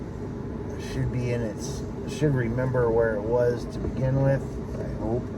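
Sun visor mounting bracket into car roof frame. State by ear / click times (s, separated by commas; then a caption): not seated / none. A plastic sun visor mounting bracket is lined up with its hole in a car roof frame while someone talks over a steady low background hum. Nothing has seated or clicked yet.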